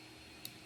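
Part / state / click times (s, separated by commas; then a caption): film developing reel rotated on its holder / seated / 0.5 s. After the first slider is pushed in, a film developing reel is rotated on its holder until it clicks into a detent position. A single short, sharp click sounds at 0.5 seconds over a steady low background hiss. The reel seats in its detent.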